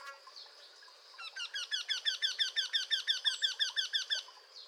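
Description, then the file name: Eurasian wryneck: after a quiet second, a regular series of many whining, nasal notes, with faint other birdsong behind. "torcol"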